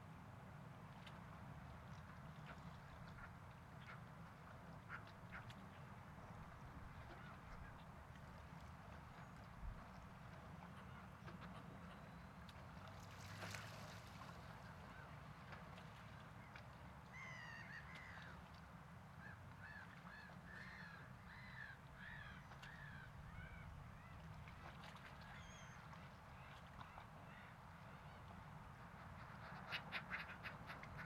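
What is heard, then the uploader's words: Seagulls call intermittently over a steady low rumble, like traffic or surf. Clusters of yelping, slightly hoarse cries come in the second half, especially around 17 to 27 seconds, with a few sharp clicks and knocks scattered throughout and near the end. Seagulls. You went to the waterfront.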